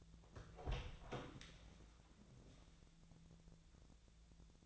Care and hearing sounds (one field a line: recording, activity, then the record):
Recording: daily activity, microphone in the room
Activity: open door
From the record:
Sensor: 3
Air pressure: 1000.4 hPa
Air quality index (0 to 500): 179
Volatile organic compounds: 4 ppm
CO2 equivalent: 1553 ppm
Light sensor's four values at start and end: 13/32/13/14 and 13/32/13/14